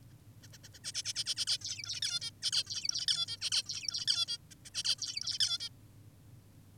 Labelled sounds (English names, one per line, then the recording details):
Zebra Finch
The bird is an adult
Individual g19o10U